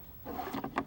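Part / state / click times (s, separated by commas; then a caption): battery charge pack into an AED defibrillator / seated / 0.6 s, 0.8 s. A new plastic battery charge pack is slid into an AED defibrillator, with a soft sliding rustle building from about 0.25 s. It latches with sharp clicks at 0.6 s and 0.8 s, and the pack is seated.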